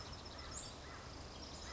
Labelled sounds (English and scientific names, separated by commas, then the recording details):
American Crow (Corvus brachyrhynchos)
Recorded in Sonoma County, California